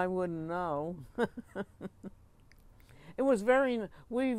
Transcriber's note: both laugh